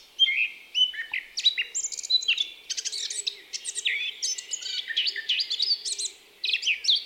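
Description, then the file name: Eurasian blackcap song: fast, varied warbling of twittery and clear whistled notes in near-continuous phrases, with a brief pause near the end. "Sylvia atricapilla"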